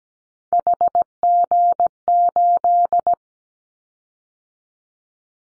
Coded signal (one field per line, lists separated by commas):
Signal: Morse code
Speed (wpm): 17 wpm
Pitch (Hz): 700 Hz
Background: none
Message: HG8